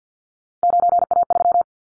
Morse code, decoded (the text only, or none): 9A3